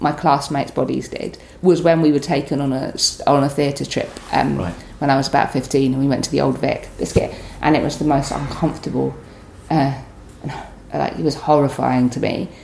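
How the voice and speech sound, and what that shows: Adult woman speaking in an interview. Her fluent speech is interrupted by a sudden, out-of-context interjected word, "biscuit", a vocal tic of Tourette syndrome.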